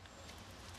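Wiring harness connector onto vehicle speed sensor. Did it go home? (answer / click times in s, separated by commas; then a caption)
no / none. An old wiring harness electrical connector is pushed onto a newly installed vehicle speed sensor, with only a faint hit near 0.1 s over a steady background. Because the connector is old, nothing has snapped or clicked into place yet, though the connector is on.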